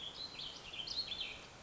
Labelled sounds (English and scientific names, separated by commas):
Warbling Vireo (Vireo gilvus)